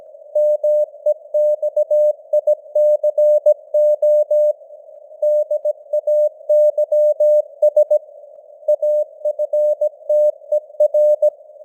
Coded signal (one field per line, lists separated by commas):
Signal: Morse code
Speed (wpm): 17 wpm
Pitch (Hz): 600 Hz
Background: none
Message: MEXICO DAYS AFTER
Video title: Morse Code News | 2025-10-18 | 17wpm